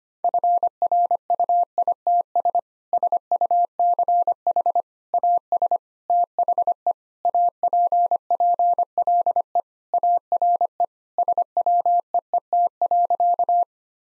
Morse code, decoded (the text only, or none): FRUITS SUCH AS THE APPLE ARE SWEET.